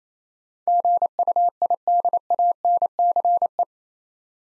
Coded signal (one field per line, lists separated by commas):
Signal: Morse code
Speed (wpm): 27 wpm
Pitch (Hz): 700 Hz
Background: none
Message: GUIDANCE